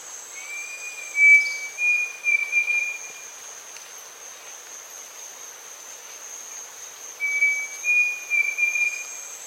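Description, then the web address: Pavonine cuckoo song: two brief phrases of thin whistled notes about seven seconds apart, under a loud, continuous high-pitched insect drone. Eastern lowlands of South America, Ecuador. "Natures Songs S America Eastern Lowlands. Pavonine Cuckoo"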